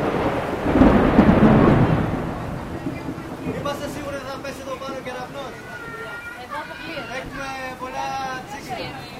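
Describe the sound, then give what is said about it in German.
A heavy cloudburst at an outdoor event with tents roars loudly for the first couple of seconds, then settles into a steady hiss of rain while people talk over it. “und einige andere rennen im Wolkenbruch herum und decken die Lautsprecher mit Planen ab.”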